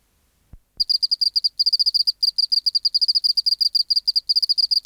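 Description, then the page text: Oceanic field cricket song: after two soft low thumps, rapid high pulses in short trills, separated by brief gaps, continuing steadily. Museum specimen in the BMNH Acoustic Laboratory, 19 March 1984, 11:15 local time, 24°C, 30% humidity, still air, dim light. "412:14 Teleogryllus oceanicus (514r2). BioAcoustica. Natural History Museum Sound Archive. Recording Location: BMNH Acoustic Laboratory Recorded by: W. J. Reynolds Date Recorded: Mandag, marts 19, 1984 Local time: 1115"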